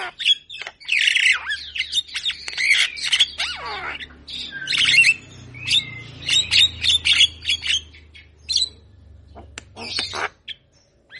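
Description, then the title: Javan myna singing with dense scratchy squawks and rasping chatter, sharp clicks and pauses in between, over a faint low hum. Master song used to prompt other mynas to respond quickly; singing vigorously and nodding while calling. "Masteran & Pancingan Kicauan Jalak Kebo Gacor. Masteran Burung Jalak Kebo Gacor Manggut Manggut Bikin Burung Jalak Yang Dengar Cepat respon"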